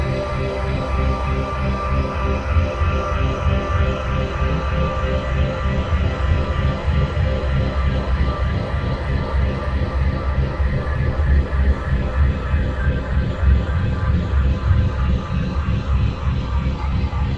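A full-spectrum binaural tone centred on C# at 65.4 Hz with a 3.2 Hz delta beat plays as a dense, steady drone. Strong low rumble sits under many held pitches reaching into a faint hiss, with a fine pulsing flutter and unchanging level throughout.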